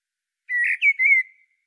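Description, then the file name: Common blackbird call: a brief run of three whistled notes, a level tone, a short higher note and a drawn-out slightly wavering whistle, with nothing else audible. "Turdus merula"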